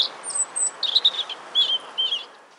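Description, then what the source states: Robin song, a short run of high thin warbled and whistled phrases broken by brief pauses, heard against a faint steady background hiss. A robin living in a city; research shows some city birds are changing their songs as they adapt to urban life.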